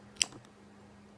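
A replaceable atomizer coil for an Innokin iSub vape tank is pushed up from below into the tank's metal base, where it clips in without any screwing. A single sharp click at 0.2 s marks the coil seating in place, followed by a faint tick near 0.45 s over a steady low hum.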